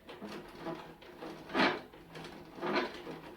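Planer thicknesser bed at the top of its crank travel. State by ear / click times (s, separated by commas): not seated / none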